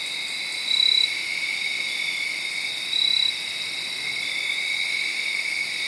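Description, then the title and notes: Crickets chirping in a steady chorus, with two louder pulsed bursts about two seconds apart standing out from the continuous high trill. Made around midnight, late Saturday night into Sunday morning, under a tree in Sharon, Pennsylvania. "Crickets (field recording). late on Saturday night/Sunday morning. The location was in Sharon, Pennsylvania, under a tree"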